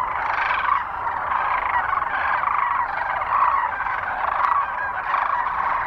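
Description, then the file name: Sandhill Crane chorus: many birds giving rattling, bugling calls together, forming a steady wall of sound. Recorded 9 March 2004 near Kearney, Nebraska. "2004-03-09 SACRandmore Kerney NE"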